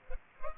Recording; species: mosquito wingbeat signal from an infrared sensor; Culex pipiens